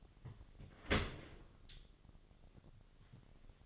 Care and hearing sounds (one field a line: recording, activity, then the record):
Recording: daily activity, microphone in the room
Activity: open dishwasher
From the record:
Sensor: 4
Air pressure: 1007.6 hPa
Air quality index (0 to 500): 200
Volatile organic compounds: 7 ppm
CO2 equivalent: 1994 ppm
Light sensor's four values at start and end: 22/70/27/26 and 22/70/27/26